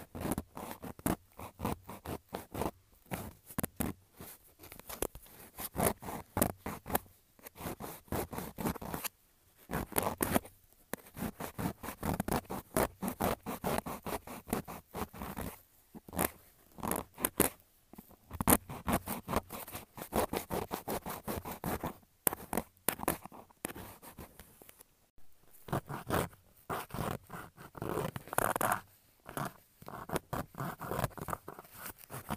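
Dry rasping of a nail file and clipping of fingernails, in quick bursts of short scraping strokes with brief silent pauses between, around 9 and 16 seconds. Strokes vary in pace, sometimes fast and dense, sometimes slower.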